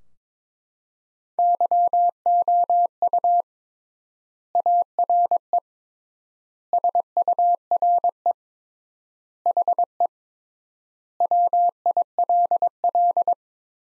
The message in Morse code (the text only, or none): YOU ARE SURE HE WILL